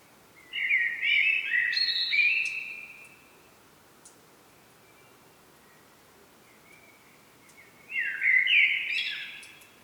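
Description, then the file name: Common blackbird sings two fluting phrases about seven seconds apart, each mellow and low-pitched before breaking into high squeaky twitters. "Turdus merula"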